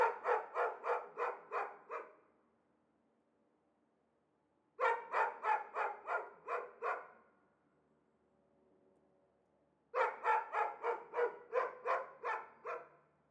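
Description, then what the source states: Dog barking in three rapid bursts of six to eight barks each, separated by short silences. Two or perhaps three dogs, apparently caged and unseen, excite each other at the slightest outside noise; Chamonix-Mont-Blanc, Auvergne-Rhône-Alpes, France; continuous rush of the Arveyron river in the distance.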